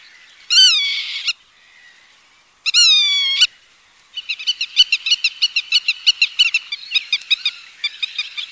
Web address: FILTERED PITTIMA